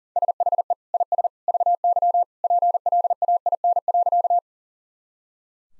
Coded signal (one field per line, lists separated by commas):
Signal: Morse code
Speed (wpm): 40 wpm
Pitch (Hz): 700 Hz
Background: none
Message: SHE IS VY PLAIN.